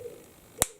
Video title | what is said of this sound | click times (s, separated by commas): cufflinks & small kits | we'll just press that in there, and you might have heard that click as it goes in. | 0.6 s